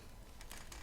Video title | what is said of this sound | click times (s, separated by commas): Unboxing Kinder surprise ! - UNICEF - 2015 | collet ya un petit clic voyez voilà ty pas | 0.5 s